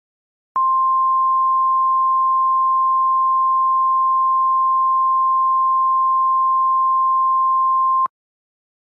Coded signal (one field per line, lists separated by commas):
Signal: Emergency Alert System (SAME) tones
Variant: 1050 Hz attention tone